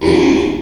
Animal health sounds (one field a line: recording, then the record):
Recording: squeal of a Yucatan mini pig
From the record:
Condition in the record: after surgery on the right vocal fold (resection and tissue-engineered implant)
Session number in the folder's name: 2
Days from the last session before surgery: 13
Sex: male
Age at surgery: 12 weeks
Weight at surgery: 13 kg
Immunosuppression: cyclosporine, prednisolone